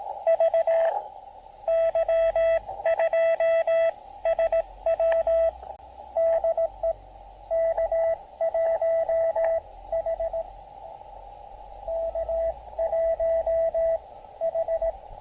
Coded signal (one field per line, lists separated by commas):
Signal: Morse code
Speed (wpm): 20 wpm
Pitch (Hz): 590 Hz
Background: radio noise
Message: VY2SW DE K1H K1H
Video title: Final POTA Activation in Québec: Pairing the Elecraft KX2 and Tufteln EFRW at Cap Tourmente!